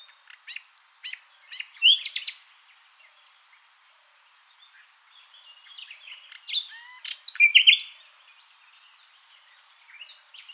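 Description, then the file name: Common nightingale singing soft, broken phrases of clicks and short whistles, with two louder bursts of sharp, varied notes separated by quieter chatter. "Luscinia megarhynchos"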